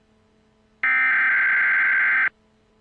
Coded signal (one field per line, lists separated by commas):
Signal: Emergency Alert System (SAME) tones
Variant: header bursts